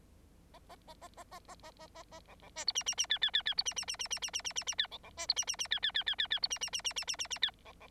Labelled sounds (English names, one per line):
Bengalese Finch song